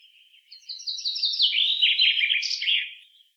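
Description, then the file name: Common chaffinch song: a quiet lead-in, then a long cascading series of rapid notes descending in steps, closing with a higher accented flourish. "Fringilla coelebs"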